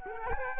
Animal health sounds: mosquito wingbeat signal from an infrared sensor; Culex quinquefasciatus

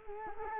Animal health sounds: mosquito wingbeat signal from an infrared sensor; Culex quinquefasciatus

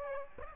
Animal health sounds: mosquito wingbeat signal from an infrared sensor; Aedes aegypti

